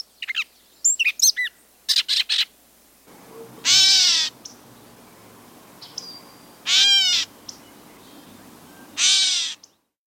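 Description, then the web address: Gray catbird mewing calls: a few quick squeaky notes, then three loud, drawn-out cat-like mews spaced about two to three seconds apart over a low background hiss. Chicago region. "Birds of the Chicago Region. Gray Catbird"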